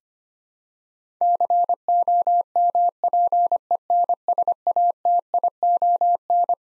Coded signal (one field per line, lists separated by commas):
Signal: Morse code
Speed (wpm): 25 wpm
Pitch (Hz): 700 Hz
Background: none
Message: COMPENSATION